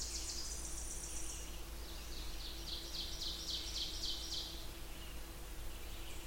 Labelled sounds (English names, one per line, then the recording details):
Ovenbird song
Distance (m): 65 m
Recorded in boreal forest in Alberta, Canada, on 20 June 2016 at 07:11
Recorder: SongMeter 3, array SBT-6-81
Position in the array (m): -23 m, 266 m
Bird 26